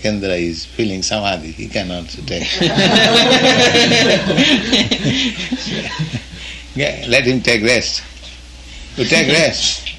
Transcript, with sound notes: Ekendra is feeling samādhi. He can also take... [laughter] Let him take rest. You take rest.